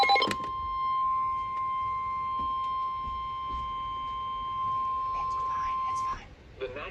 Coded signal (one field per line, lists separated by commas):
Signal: Emergency Alert System (SAME) tones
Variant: 1050 Hz attention tone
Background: speech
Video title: (EAS #59) Special Marine Warning KHB29 4/3/24